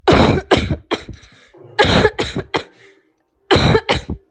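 Healthy cough from an adult: several short bursts of coughing in quick clusters, with brief pauses between them.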